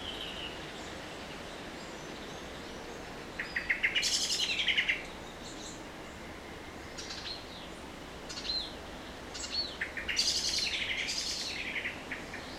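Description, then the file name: Common blackbird calls in bursts: a rapid clattering chatter around four seconds, scattered short high notes, then another quick rattling series near the end, with steady hiss beneath. "Turdus merula"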